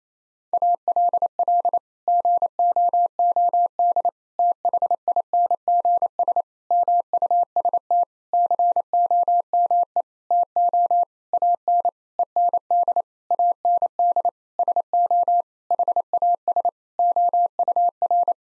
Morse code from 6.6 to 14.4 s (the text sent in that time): MUST COME TO AN END AND